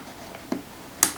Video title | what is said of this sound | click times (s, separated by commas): Chinon CM 4: Budget Camera Review | turn until it clicks and | 1.0 s